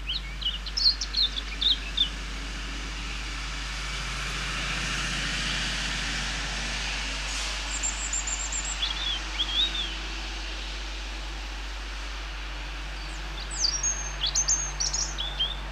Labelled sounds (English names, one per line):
European Robin song